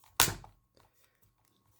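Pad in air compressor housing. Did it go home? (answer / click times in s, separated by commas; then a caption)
yes / 0.2 s. A pad is pushed home into the housing of a compact air compressor during reassembly. One sharp, loud click lands at 0.2 s, followed by a few faint small knocks. The pad is seated.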